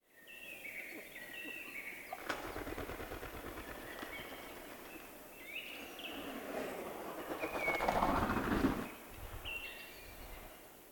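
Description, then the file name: Western capercaillie landing with a burst of rustling wingbeats around the eight-second mark, after an earlier brief flap, while small birds chirp and whistle in the background. Female bird, landing. "Digiffects Sound Effects Library - Female Capercaillie Landing"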